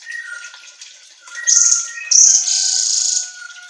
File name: Suara Kicau Manyar Kepala Emas Auto Gacor